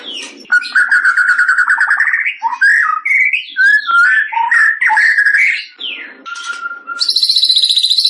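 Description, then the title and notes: White-rumped shama song: a varied run of loud, clear whistled phrases, rising and falling slurs, ending in a high, fast shimmering trill. Described as singing actively (gacor); said to be used by champion birds. "Masteran Murai Yang Di Pakai Semua Burung Juara - Masteran murai Khusus Burung Juara. Murai Batu Gacor"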